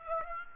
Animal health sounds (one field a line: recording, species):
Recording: mosquito wingbeat signal from an infrared sensor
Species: Aedes aegypti